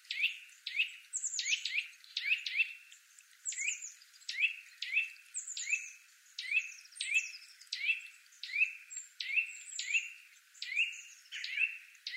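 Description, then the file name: Eurasian nuthatch giving sharp, high, repeated call notes in quick pairs and clusters, a steady string of bright twitters. "Sitta europaea"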